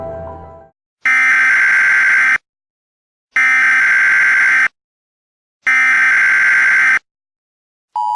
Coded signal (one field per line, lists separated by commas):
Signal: Emergency Alert System (SAME) tones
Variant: header bursts